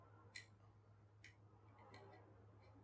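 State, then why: Seated. An HDMI cable plug is pushed into the port of a small HDMI switcher/splitter box and snaps in at 0.4 s with a sharp, bright click. Two fainter ticks follow near 1.3 s and 1.9 s over a steady low hum. The plug seats easily and holds solid.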